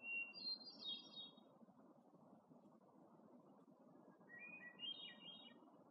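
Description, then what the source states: Hermit thrush singing two ethereal whistled phrases, each starting on a pure sustained tone then rising into quick fluttering notes, about four seconds apart, with a constant low rushing noise beneath. Recorded in Algonquin Park, 2019.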